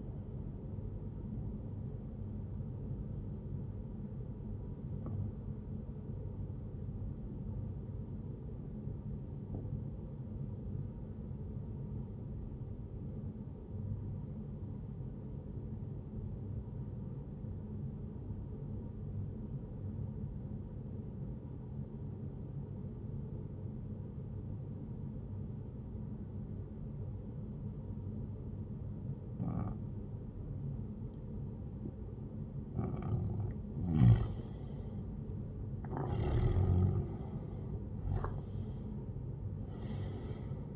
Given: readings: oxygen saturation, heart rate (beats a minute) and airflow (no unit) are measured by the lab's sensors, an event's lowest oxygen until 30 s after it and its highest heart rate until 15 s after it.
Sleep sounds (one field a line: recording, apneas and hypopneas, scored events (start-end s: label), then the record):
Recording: breathing in sleep by a smartphone at the bedside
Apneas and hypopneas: 1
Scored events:
9.00-33.40 s: obstructive apnea (N1, oxygen 96% highest, then 92% lowest, heart rate 69 at the start, 76 highest)
From the record:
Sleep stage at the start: N1 (lightest sleep)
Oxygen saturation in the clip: 93 to 96%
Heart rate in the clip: 67 to 78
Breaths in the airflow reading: 3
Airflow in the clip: -11.9 to 11.1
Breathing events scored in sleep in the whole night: 131 in 7.2 hours asleep